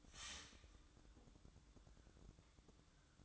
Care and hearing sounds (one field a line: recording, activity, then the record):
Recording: daily activity, microphone in the room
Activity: start toaster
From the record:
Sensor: 3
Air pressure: 1007.3 hPa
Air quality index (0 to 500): 54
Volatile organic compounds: 1 ppm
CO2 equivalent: 591 ppm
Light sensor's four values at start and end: 7/17/7/7 and 7/17/7/7